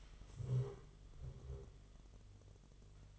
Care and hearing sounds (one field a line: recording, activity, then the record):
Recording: daily activity, microphone in the room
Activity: stand up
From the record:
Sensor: 4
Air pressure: 1006.0 hPa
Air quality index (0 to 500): 109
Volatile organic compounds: 3 ppm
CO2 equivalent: 1370 ppm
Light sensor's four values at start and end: 13/29/11/10 and 13/28/11/10